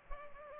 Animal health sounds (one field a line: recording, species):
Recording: mosquito wingbeat signal from an infrared sensor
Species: Culex pipiens